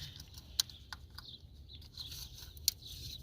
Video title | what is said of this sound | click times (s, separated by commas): 3.6 chrysler oil filter housing replacement in reverse. | So the same thing here, click. | 2.7 s